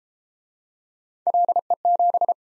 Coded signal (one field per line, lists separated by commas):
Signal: Morse code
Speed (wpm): 32 wpm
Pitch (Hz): 700 Hz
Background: none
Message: LE7